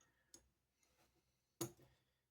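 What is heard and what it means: Handle halves, blade and stop pin of a CJRB Ekko button-lock folding knife are lined up and pressed together during reassembly. A faint tick sounds at 0.3 s, then a sharp click at 1.6 s as the halves click together. Neither the button lock nor the stop pin has seated yet.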